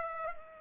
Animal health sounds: mosquito wingbeat signal from an infrared sensor; Culex pipiens

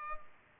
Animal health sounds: mosquito wingbeat signal from an infrared sensor; Culex pipiens

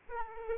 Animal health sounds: mosquito wingbeat signal from an infrared sensor; Aedes aegypti

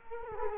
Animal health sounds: mosquito wingbeat signal from an infrared sensor; Culex quinquefasciatus

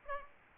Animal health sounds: mosquito wingbeat signal from an infrared sensor; Aedes albopictus

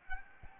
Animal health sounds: mosquito wingbeat signal from an infrared sensor; Aedes albopictus

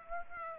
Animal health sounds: mosquito wingbeat signal from an infrared sensor; Aedes aegypti

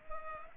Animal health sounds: mosquito wingbeat signal from an infrared sensor; Culex pipiens

